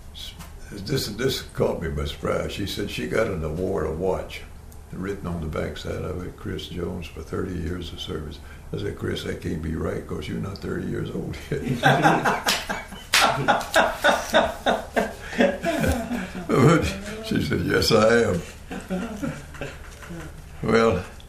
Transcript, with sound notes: s…this, this caught me by surprise, she said she got an award, a watch written on the backside of it ‘Chris Jones for thirty years of service.’ I said, “Chris, that can’t be right, because you are not thirty years old yet.”. [laughter] But she said, “yes I am!” Well,